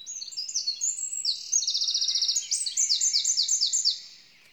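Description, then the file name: Eurasian wren song, a continuous string of high sharp notes, a quick even trill and a final run of repeated downward-slurred notes, all very fast. "Troglodytes troglodytes"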